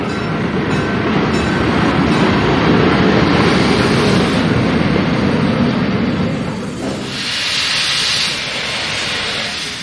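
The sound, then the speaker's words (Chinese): A train from Wuhan to Beijing rumbles steadily along the rails with a dense, continuous roar and faint rhythmic clacking, then the tone shifts near the end as a brighter hiss rises over the lower rumble. “放心吧， 武汉到北京就这一趟火车，他一下车咱们就实施逮捕。”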